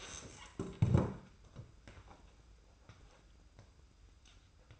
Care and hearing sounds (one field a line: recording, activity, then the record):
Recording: daily activity, microphone in the room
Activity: stand up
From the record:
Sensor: 2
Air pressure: 990.4 hPa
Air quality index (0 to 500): 180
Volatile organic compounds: 1000 ppm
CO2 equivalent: 5736 ppm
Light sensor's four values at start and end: 29/68/28/28 and 30/68/29/29